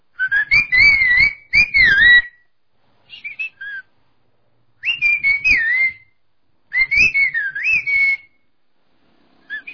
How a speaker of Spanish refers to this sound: Es como decir, es muy espontáneo para nosotros. Si ahorita puedo hacer un chiflido hacia mi primo que se encuentra allá afuera, sin verme me puede contestar.